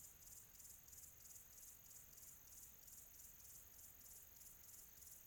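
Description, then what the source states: Cricket chirping with bright, high buzzing pulses about three times a second throughout. Quiet tropical atmosphere.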